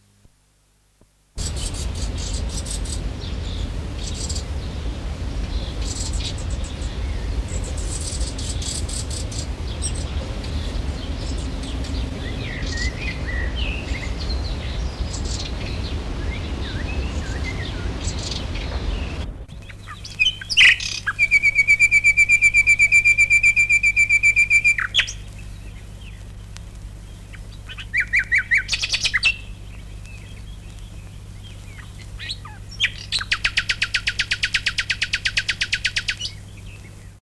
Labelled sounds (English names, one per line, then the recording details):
Common Nightingale call
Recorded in the wild
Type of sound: call
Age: diverse
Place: Laatzen, Niedersachsen, DE
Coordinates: 52.3089, 9.8081
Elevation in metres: 63
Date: 1968-06-08
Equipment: Halbspur, 9,5 cm/s
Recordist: Lütgens, Hans
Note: Fast flügge Junge werden gefüttert